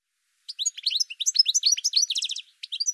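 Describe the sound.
Bird song, a dense run of high twittering chirps with a quick trill near the end, after a half-second silence.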